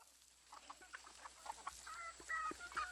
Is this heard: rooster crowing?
yes